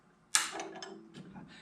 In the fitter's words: I just heard it click in. Wasn't quite all the way.